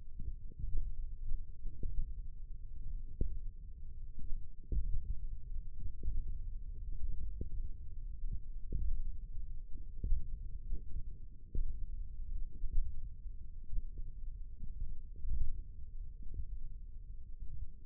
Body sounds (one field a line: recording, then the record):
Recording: forearm muscle sounds (acoustic myography)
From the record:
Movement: thumb flexion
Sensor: system 1, eight BSWA MPA416 microphones around the upper forearm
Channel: 3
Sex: male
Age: 20 years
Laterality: left